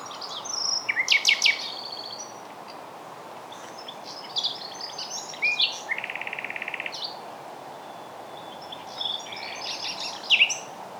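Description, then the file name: Common nightingale song in separated phrases: a varied opening phrase, further short phrases, a dry even rattle, and a final phrase after a pause. "Luscinia megarhynchos"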